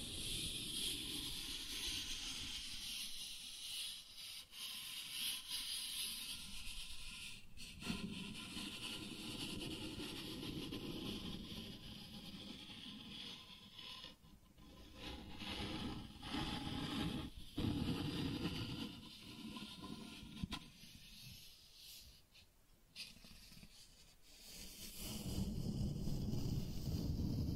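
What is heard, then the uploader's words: Cardboard being scratched and rubbed in a continuous, rough scraping that swells and eases over the whole stretch. Bright hissing strokes alternate with lower rumbling drags, broken by sharp short crackles around 8, 14, 17 and 23 seconds, with a dense burst near the end. Cardboard Scratching, Tracing, Tearing.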